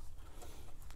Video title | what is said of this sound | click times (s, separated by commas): How To Replace Alternator Honda Pilot 2009-2015 | to get a screwdriver but press that tab in to hear it click there we go and | 0.8 s, 0.9 s